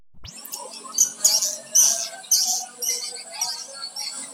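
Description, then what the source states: Swiftlet chirping: rapid, high, twittering bursts pulse roughly twice a second over a steady high tone and a faint low hum. Swiftlet lure sound used in swiftlet farming in Asia.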